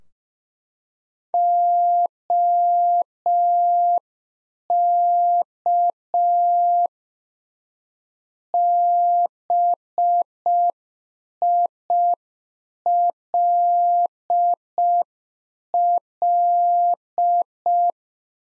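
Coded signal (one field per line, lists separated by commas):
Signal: Morse code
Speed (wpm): 5 wpm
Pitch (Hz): 700 Hz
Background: none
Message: OK BILL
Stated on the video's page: Practice QSO ending segment (pleasantries, 73) sent at 5 wpm for head-copy drill, sent in Morse, spoken, then sent again.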